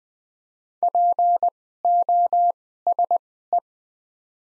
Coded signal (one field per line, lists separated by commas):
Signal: Morse code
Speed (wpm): 21 wpm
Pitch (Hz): 700 Hz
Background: none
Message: POSE